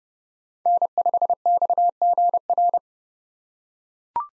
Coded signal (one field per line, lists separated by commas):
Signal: Morse code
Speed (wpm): 30 wpm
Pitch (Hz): 700 Hz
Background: none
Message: N5XGR